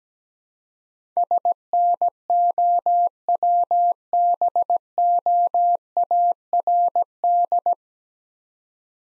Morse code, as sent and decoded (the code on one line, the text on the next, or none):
... -. --- .-- -... --- .- .-. -..
SNOWBOARD